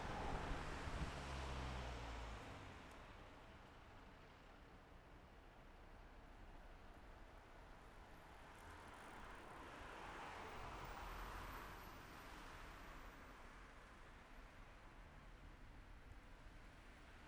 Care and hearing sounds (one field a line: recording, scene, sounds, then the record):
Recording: everyday scene through a hearing-aid microphone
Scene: in traffic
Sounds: traffic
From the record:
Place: city secondary road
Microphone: behind the ear, left, rear